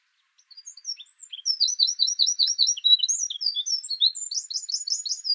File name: Troglodytes troglodytes